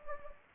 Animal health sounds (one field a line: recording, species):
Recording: mosquito wingbeat signal from an infrared sensor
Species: Anopheles gambiae